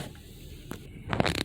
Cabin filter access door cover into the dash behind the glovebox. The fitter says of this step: that and then come on this side push that in it should click into place